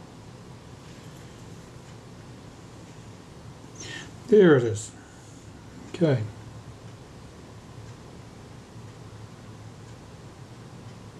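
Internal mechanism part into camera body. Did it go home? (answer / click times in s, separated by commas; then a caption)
no / none. A small metal mechanism part is handled and lined up against the inside of a Retina Reflex type 025 camera body during a complete service, with low rustling and handling noise over a quiet background. Someone talks briefly around 4.3–4.8 s and again around 6.0–6.2 s. Nothing has seated or clicked yet.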